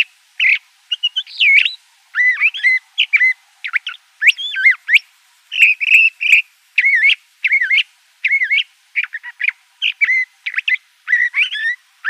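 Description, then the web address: Le Conte's thrasher delivering a rapid, varied song of whistled slurs and rough notes, phrases tumbling one after another for the whole stretch without long breaks. Recorded in Arizona. "Mimids AZFO LCTH deviche"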